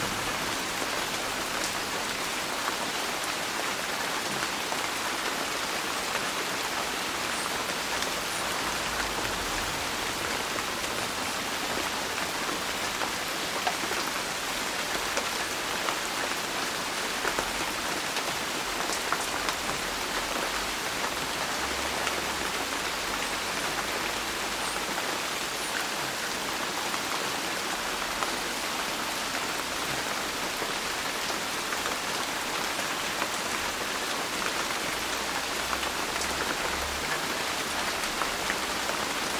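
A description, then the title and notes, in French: Heavy rain falls on a roof in a dense, steady wash that holds the same level for the whole stretch. Countless drops patter as a fine, bright hiss, with a faint low rumble of the distant city underneath. Pluie sur le toit | Un déluge en plein jour pour un sommeil profond en hauteur dans la ville.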